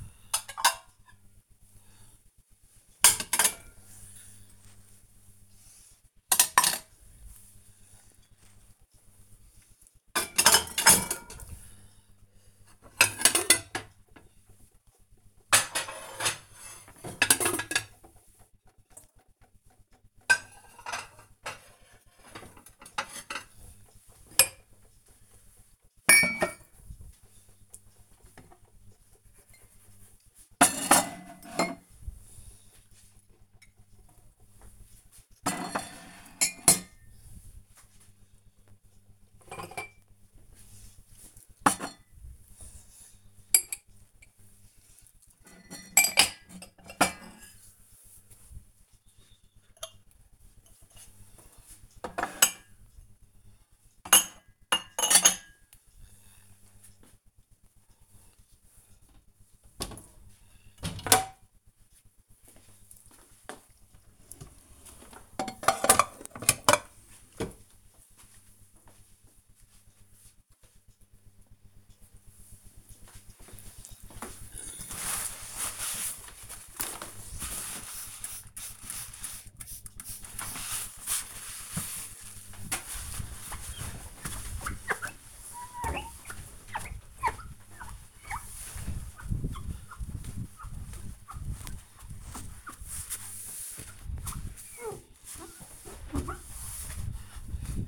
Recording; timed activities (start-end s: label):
household activities, microphone on the right wrist
0.00-69.75 s: putting away the dishes
75.78-97.88 s: window cleaning